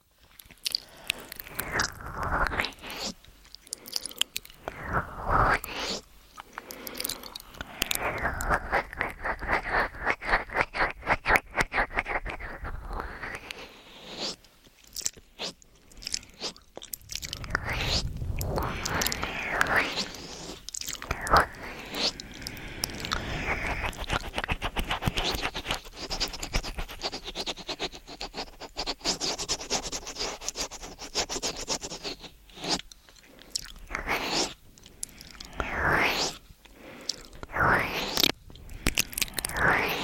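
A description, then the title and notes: Mouth sounds and ear eating, made of dense wet clicks, smacks and crunchy bites that crowd together with little pause. Bursts of bright crackling come and go throughout, with softer low rumbling stretches around the middle and a quick sharp flurry near the end. MOUTH SOUNDS & EAR EATING Tascam & Dummyhead.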